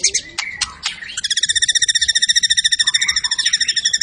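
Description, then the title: White-rumped shama song: several sharp, sweeping notes, then a long, fast, evenly pulsed trill of high notes repeated many times per second. Lure recording of a very lively, vocal shama delivering its full repertoire, intended to stir up other birds' excitement. "PANCINGAN MURAI BATU. MURAI GACOR SUPER EDAN SEMUA MATERI DI KELUARIN COCOK BUAT DONGKRAK EMOSI. SHAMA BIRD"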